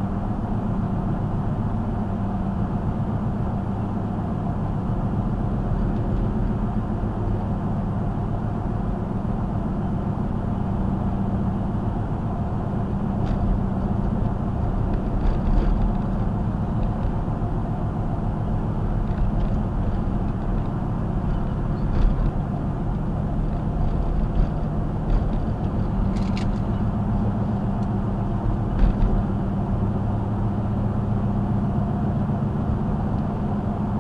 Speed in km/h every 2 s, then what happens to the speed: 64, 64, 64, 64, 64, 64, 64, 64, 64, 63, 63, 63, 63, 66, 64, 66, 68.
0-34 steady at about 64.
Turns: none.